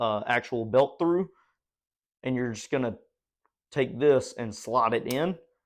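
Someone talks while sliding the ratchet end of a Kore EDC belt into the buckle slot so the belt can be hung up. Only speech is heard, with short pauses between phrases. The clip ends before the end goes home, so nothing has seated or clicked yet.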